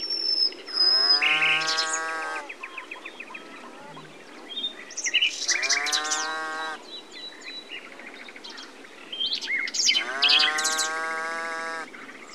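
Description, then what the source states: Coypu giving three hoarse, lowing contact calls amid busy chirping and twittering of small birds. Contact calls, at a wetland.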